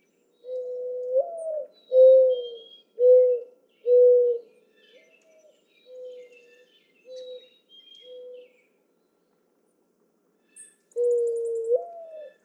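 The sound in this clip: Mourning dove song: a low cooing phrase with a rising slurred note followed by three steady, mournful coos, then softer coos and a new phrase starting; faint high chirps of other birds.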